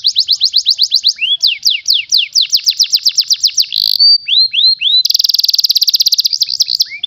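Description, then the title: Canary song with quick descending slurred notes in rapid series, then a few rising slurs and a very fast buzzy roll. Song of a canary that is a national contest champion. "Masteran Kenari Lomba Juara Nasional"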